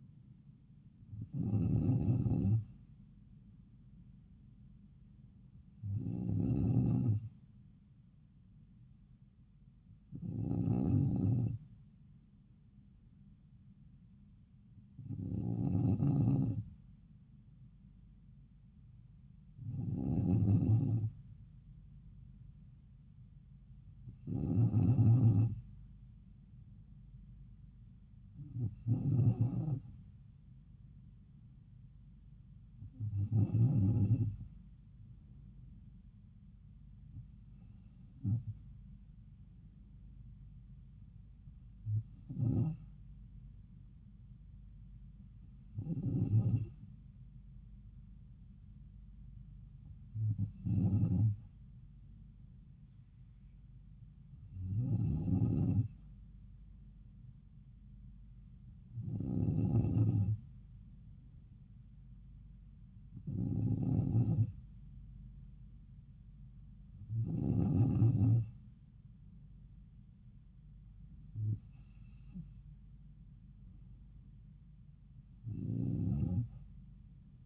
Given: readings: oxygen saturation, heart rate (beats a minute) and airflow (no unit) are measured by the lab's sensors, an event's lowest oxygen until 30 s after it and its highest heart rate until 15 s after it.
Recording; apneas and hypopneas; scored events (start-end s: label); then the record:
breathing in sleep by a smartphone at the bedside; none
none scored
From the record:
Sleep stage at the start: N2 (light sleep); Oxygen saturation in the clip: 94%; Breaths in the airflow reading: 18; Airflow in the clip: -3.7 to 3.1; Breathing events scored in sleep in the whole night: 270 in 6.1 hours asleep